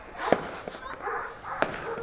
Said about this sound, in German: Das Einzige, was man so hört, sind die dauerbellenden Hunde, denen das alles nicht so gefällt.